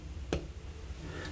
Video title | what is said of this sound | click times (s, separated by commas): Sheaffer 300 Review | Yes, it posts, and this is interesting. It actually clicks into place when you post the pen. | 0.3 s